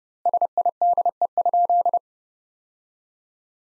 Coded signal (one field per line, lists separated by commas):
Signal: Morse code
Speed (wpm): 31 wpm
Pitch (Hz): 700 Hz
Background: none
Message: SIDE?